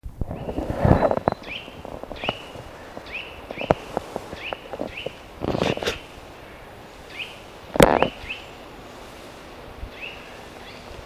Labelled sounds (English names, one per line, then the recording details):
Eurasian Nuthatch call
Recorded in the wild
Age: adult
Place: Mühlenbecker Wald, Brandenburg, DE
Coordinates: 52.6931, 13.3842
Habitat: forest
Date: 1965-09-26 15:22
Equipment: Uher 4000 Report-S, Transistorverstärker II, Sennheiser MD 421
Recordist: Tembrock, Günter
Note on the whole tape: Rufe